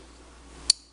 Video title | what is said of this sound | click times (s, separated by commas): 6 Favorite EDC Blades for Nov 2010 | and you open it up and it you just hear that click | 0.7 s